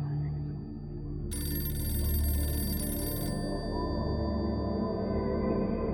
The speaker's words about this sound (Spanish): Cuando de pronto el teléfono se dejó escuchar en su habitación.